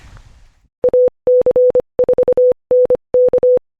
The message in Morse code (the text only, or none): AC4NK